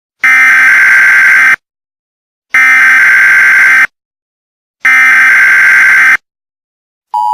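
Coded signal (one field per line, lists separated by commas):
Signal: Emergency Alert System (SAME) tones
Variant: header bursts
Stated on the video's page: Fictional Halloween EAS scenario, not a real alert.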